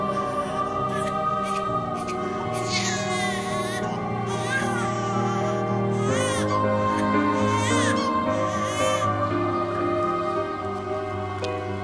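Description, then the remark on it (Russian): A newborn baby cries after a woman gives birth at a hospital, in repeated wavering, high-pitched wails over a steady, sustained musical backdrop, the cries rising and falling in short bursts throughout. “Катя рожает.”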